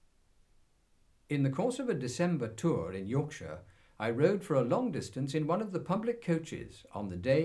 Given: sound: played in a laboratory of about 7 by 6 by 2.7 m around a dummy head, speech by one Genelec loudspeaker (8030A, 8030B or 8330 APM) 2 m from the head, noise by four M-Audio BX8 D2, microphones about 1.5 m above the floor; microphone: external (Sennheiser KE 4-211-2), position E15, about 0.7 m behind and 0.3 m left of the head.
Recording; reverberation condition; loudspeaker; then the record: male speech in English; low; behind (180 degrees)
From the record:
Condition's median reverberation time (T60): about 310 ms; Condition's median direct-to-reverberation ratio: about 3.5 dB